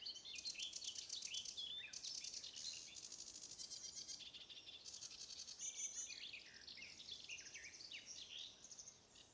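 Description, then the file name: Sedge warbler song: a continuous, hurried chatter of harsh churrs mixed with varied sharp chirps and scratchy notes. "Acrocephalus schoenobaenus - Sedge Warbler"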